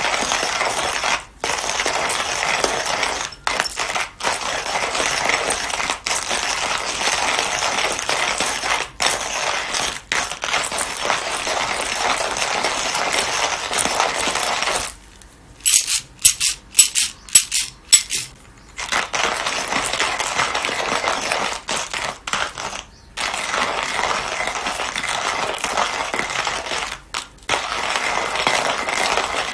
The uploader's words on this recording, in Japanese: 今朝は”グアテマラSHB”を焙煎。